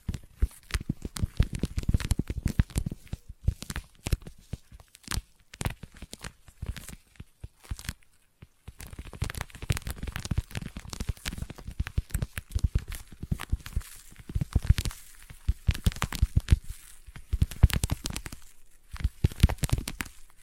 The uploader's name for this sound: Intense Sticky Tapping and Sticky Triggers